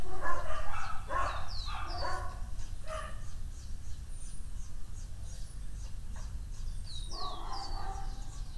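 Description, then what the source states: Dog gives a few loud barks at the start and again near the end, with chirping birds and a quieter stretch of background hum between. Dogs barking on the Escalera Morrison stairway in Valparaíso; recorded with a Tascam DR-100mk II.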